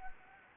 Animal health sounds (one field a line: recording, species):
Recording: mosquito wingbeat signal from an infrared sensor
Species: Anopheles gambiae